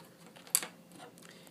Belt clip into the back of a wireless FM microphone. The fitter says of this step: align the circle here inside the slot wait to hear the click you're